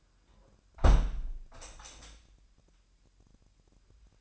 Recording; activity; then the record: daily activity, microphone in the room; close window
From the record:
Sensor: 2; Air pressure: 997.8 hPa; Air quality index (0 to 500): 131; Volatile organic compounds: 3 ppm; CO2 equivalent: 1478 ppm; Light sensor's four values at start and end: 11/32/13/12 and 11/32/13/12